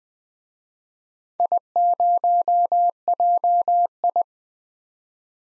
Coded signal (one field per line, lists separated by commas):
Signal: Morse code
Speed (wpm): 21 wpm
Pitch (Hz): 700 Hz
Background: none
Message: I0JI